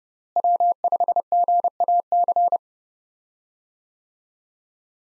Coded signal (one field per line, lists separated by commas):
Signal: Morse code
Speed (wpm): 32 wpm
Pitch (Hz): 700 Hz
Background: none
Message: W5GAC